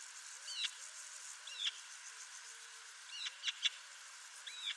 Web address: cianscape birddata Deverinetal 2025 File origin Bird Only More Classes Pi Pi Pi Pi